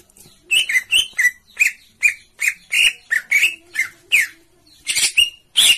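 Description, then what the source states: Oriental magpie-robin giving a rapid series of short, harsh, squawking notes with brief pauses. Long-duration filler song (isian) meant to train the bird to sing loudly by day and night.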